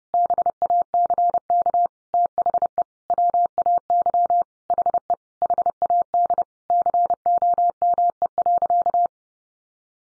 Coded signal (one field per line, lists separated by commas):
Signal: Morse code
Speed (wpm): 30 wpm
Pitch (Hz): 700 Hz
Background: none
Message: BACK THE WAY HE HAD COME.